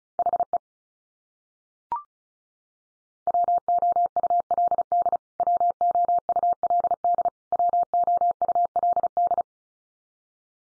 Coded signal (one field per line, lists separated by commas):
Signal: Morse code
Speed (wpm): 34 wpm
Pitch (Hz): 700 Hz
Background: none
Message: HE WOULD WOULD WOULD